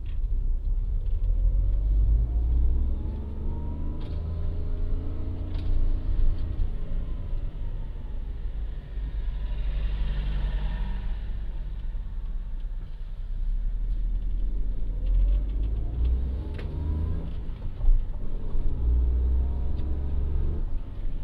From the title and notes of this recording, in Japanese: 環境音 直売所へ店出し。直売所へクルマで向かう。